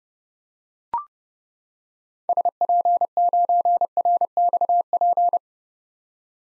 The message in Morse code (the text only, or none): SP9RXP